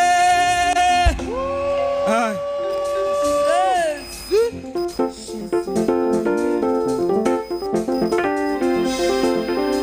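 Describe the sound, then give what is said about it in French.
An audience at Eglise Source Feconde shouts out cries of joy for Jesus, acclaiming the grand choir as it comes forward: loud, overlapping voices with high sustained calls and swooping whoops that rise and fall, continuing without pause. “Tu peux pousser les cris de joie pour Jésus.”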